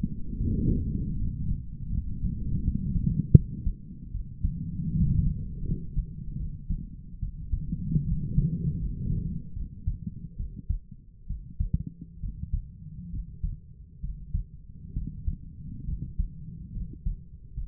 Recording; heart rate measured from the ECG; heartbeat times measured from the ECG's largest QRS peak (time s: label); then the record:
heart sounds by stethoscope; 73 bpm
0.38 s: heartbeat
1.17 s: heartbeat
1.90 s: heartbeat
2.62 s: heartbeat
3.34 s: heartbeat
4.13 s: heartbeat
4.94 s: heartbeat
5.65 s: heartbeat
6.38 s: heartbeat
7.21 s: heartbeat
8.05 s: heartbeat
8.80 s: heartbeat
9.55 s: heartbeat
10.38 s: heartbeat
11.28 s: heartbeat
12.21 s: heartbeat
13.12 s: heartbeat
14.02 s: heartbeat
14.94 s: heartbeat
15.86 s: heartbeat
16.74 s: heartbeat
17.55 s: heartbeat
From the record:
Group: healthy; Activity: cold pressor test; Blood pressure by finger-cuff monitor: 105/42 mmHg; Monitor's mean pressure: 61 mmHg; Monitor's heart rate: 68 bpm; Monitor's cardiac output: 8.3 L/min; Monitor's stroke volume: 121 mL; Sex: female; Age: 22 years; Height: 160 cm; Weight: 63 kg